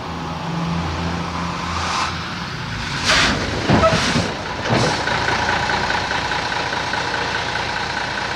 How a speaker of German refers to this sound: Dann schwankte der Laster um die Biegung.